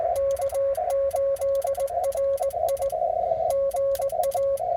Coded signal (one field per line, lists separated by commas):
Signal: Morse code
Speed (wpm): 19 wpm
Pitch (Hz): 550 Hz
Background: none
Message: K8RI GA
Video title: RF BURNS, BLOWN QSOS AND BAD PROP, OH MY!! #cw #pota #parksontheair